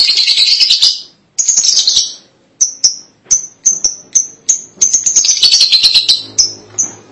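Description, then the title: Lovebird calls, scratchy high twittering bursts followed by a rapid series of short, shrill squeaks, then more chatter and squeaks. "Suara Burung Lovebird"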